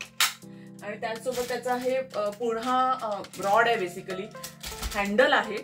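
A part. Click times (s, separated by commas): 0.2 s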